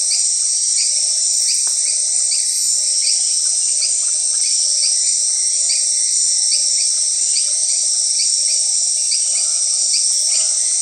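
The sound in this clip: Grasshoppers and crickets: orthopteran drone, high and continuous, overlaid by many short upward chirps and a single sharp click early on.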